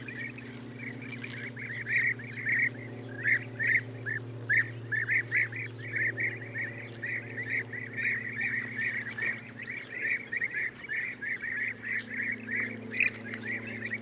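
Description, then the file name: European bee-eater giving a long series of trilled, liquid calls at an uneven quick pace, with a constant low droning hum in the background. "gyurgyalag"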